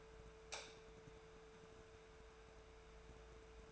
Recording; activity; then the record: daily activity, microphone in the room; light on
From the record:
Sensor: 2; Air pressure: 1014.5 hPa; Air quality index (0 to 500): 177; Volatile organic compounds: 12 ppm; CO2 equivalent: 2344 ppm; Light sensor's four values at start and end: 12/29/12/13 and 17/48/20/20